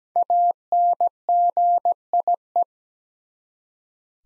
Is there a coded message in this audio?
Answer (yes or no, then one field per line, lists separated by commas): yes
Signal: Morse code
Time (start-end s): 0.2-2.6 s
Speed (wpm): 17 wpm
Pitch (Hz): 700 Hz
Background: none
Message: ANGIE